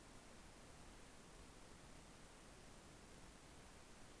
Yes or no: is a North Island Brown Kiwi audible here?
no